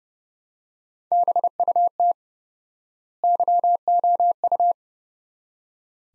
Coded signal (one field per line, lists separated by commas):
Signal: Morse code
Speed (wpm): 30 wpm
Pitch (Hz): 700 Hz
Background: none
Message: BUT YOU